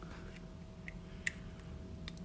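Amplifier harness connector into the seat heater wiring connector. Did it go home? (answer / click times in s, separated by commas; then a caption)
no / none. The second plastic amplifier harness connector of a Honda Goldwing heated seat booster is handled against the seat heater wiring connector, giving a few faint, sharp plastic ticks over a steady low hum. Nothing has seated or clicked in yet.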